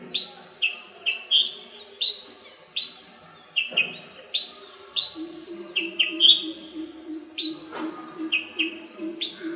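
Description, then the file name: Red-whiskered bulbul calls, quick bright chirps in overlapping bursts, some lively and bunched, with faint clicks and a low droning hum in the background. "Red-whiskered bulbul (Pycnonotus jocosus)"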